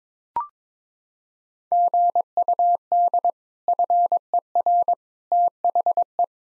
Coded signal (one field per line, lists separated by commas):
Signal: Morse code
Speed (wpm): 22 wpm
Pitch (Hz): 700 Hz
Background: none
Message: GUD FER THE